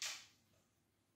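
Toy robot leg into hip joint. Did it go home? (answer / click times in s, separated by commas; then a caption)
no / none. A plastic toy robot leg (Kishiryu-Oh Five Knights, Tyramigo) is handled at its hip joint after a button is pressed to unlock it, so the leg can be brought all the way down. A bright, sharp plastic burst opens the clip and fades over about 0.3 s, followed by near-quiet handling and another short bright burst right at the end, around 1.2 s. The leg has not yet locked into place; nothing has seated or clicked yet.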